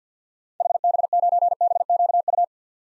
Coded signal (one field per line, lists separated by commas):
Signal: Morse code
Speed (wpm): 50 wpm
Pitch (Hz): 700 Hz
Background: none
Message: HB9BQU